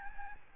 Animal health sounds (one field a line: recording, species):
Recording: mosquito wingbeat signal from an infrared sensor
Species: Aedes albopictus